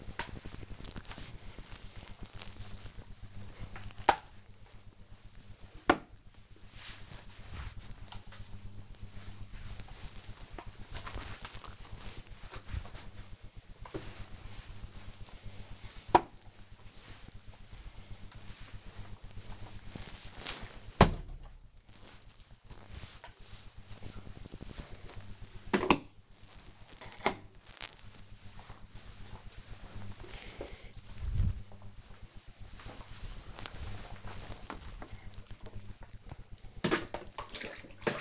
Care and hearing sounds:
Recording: household activities, microphone on the right wrist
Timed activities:
0.00-23.53 s: floor cleaning
34.59-38.21 s: floor cleaning

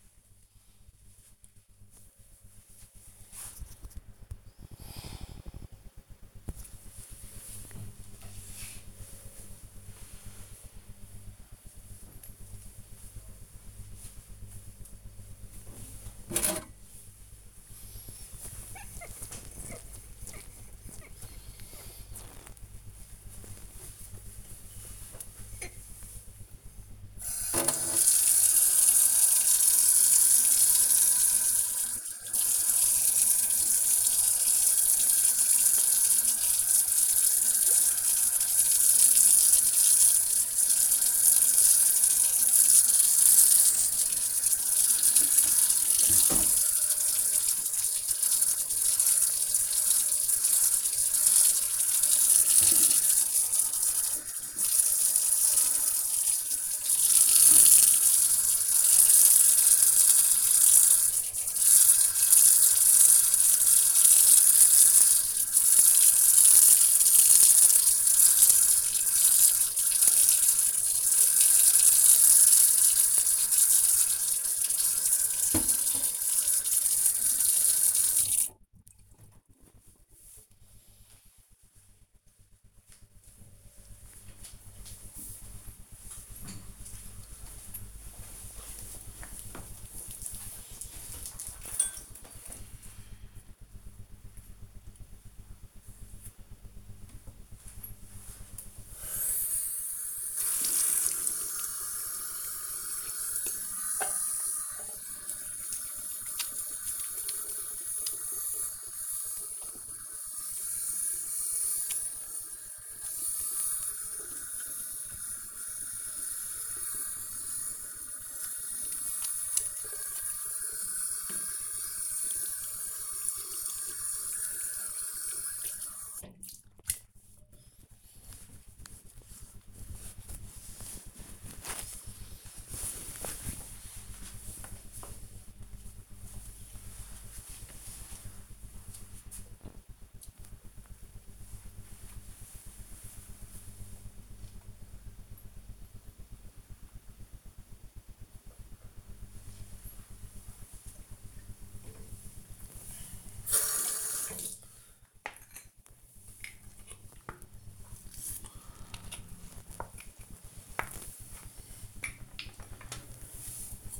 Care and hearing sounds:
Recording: household activities, microphone on the right wrist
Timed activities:
15.10-78.66 s: washing dishes
96.78-127.99 s: washing hands
151.20-164.00 s: brushing teeth

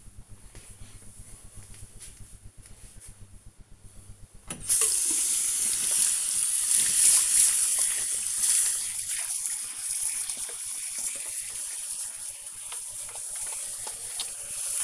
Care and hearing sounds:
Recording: household activities, microphone on the right wrist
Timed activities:
3.89-14.84 s: washing hands

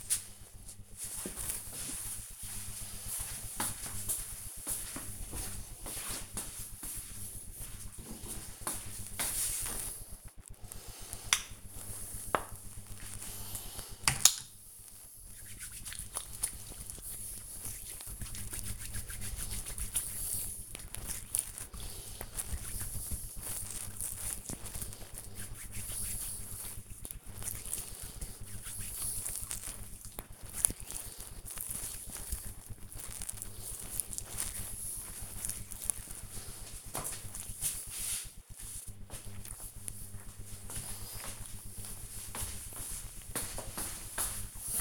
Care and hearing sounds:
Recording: household activities, microphone on the right wrist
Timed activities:
9.64-32.71 s: cream hands

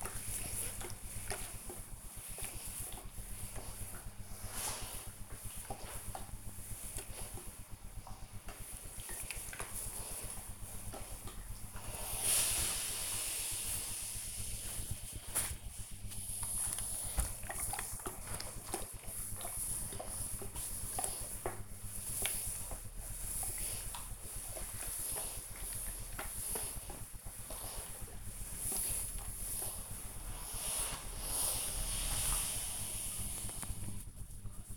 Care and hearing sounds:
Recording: household activities, microphone on the right wrist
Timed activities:
0.00-34.77 s: ironing laundry

